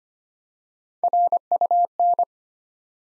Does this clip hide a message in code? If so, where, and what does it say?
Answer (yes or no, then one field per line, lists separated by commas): yes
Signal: Morse code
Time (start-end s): 1.0-2.2 s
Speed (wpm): 25 wpm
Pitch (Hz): 700 Hz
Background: none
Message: RUN